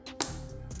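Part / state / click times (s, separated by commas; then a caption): wiring harness connector onto ignition coil / seated / 0.2 s. A plastic electrical wiring harness connector is slid onto an ignition coil of a 2023 Nissan Altima SL with the 2.5 L PR25DD engine and pushed home. A soft sliding sound comes at 0.1 s, then a sharp, bright click at 0.2 s over a steady low hum. The connector is seated and clicked in.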